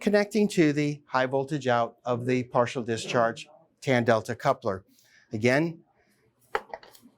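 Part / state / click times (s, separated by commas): high voltage lead plug into coupler high voltage output / seated / 6.5 s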